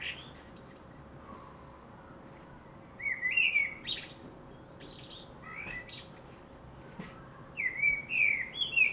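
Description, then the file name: Common blackbird song: a few fluty whistled phrases with thin high twittering notes, over a steady hum. "Turdus merula"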